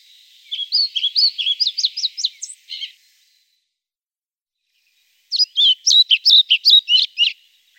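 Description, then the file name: European pied flycatcher song: two rhythmic phrases of sharp, high, sweet notes, delivered briskly and separated by a pause. "papamoscas cerrojillo"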